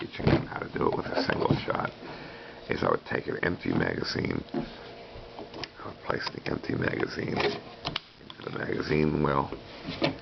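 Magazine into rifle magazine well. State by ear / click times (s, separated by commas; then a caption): seated / 5.6 s. An empty box magazine is pushed into the magazine well of an Armscor 14Y youth rifle while someone talks. A sharp click at 5.6 s marks the magazine seating fully.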